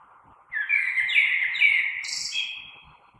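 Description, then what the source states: Common blackbird song: a single rich, whistled phrase with a brief, thin, high flourish near its end. Recorded 3 March 2020.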